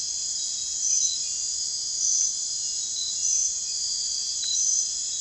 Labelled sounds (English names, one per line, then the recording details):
none
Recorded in secondary vegetation near Puerto Asís, Putumayo, Colombia, on 28 February 2025 at 03:00
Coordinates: 0.484, -76.319
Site G010